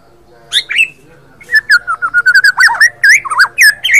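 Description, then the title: White-rumped Shama song: two sharp notes, then after a pause a fast stream of warbled, twisting whistles. Captive murai batu provoked to sing by a masteran training recording. "BEGINI JADINYA MURAI BATU JIKA DI PANCING DENGAN MASTERAN INI"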